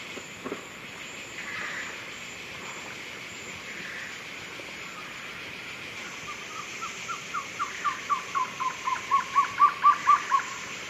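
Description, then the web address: Blue-crowned trogon song: a series of many low, mellow notes, growing steadily louder, over a steady background hiss. Two birds singing; eastern lowlands of South America. "Natures Songs S America Eastern Lowlands Trogon curucui, songs 2 birds"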